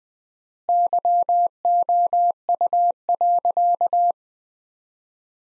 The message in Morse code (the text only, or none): YOU.